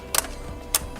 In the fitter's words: make sure they're in the slot and clicked okay